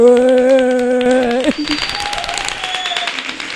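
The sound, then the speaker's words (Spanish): A sustained tonal note holds for about a second and a half. Then a dense patter of clapping takes over as the audience at the first programme of the fourth season of The Raíz applauds itself, steady and moderately loud, with a faint tone running underneath. “Así que un aplausete para vosotras mismas.”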